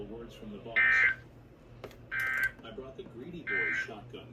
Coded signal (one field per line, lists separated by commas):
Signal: Emergency Alert System (SAME) tones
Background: speech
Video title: One More Alert Explosion (EAS 179-196)